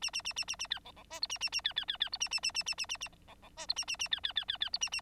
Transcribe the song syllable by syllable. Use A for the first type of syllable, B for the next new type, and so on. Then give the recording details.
A A A A A A B C C D E A A A B B B B E A A A A A A A A C C D E A A A B B B B B E A A. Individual Bird9